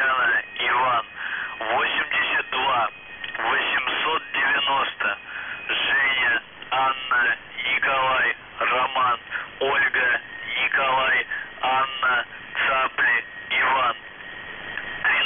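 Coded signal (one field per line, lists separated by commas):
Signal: numbers station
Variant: UVB-76, Russian voice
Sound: a male voice reading Russian words over a radio channel, short pauses between them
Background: radio static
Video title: [UVB-76, The Buzzer] Voice Message; 16. April 2021, 08:07 UTC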